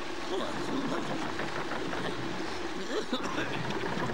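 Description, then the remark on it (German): A steady wash of sea water and waves runs throughout, with the creak and rumble of a Greek merchant sailing ship on the water and a faint murmur of voices mixed in. “Doch gleich darauf werden die gallischen Freunde von einem griechischen Handelssegler aus dem Meer gefischt.”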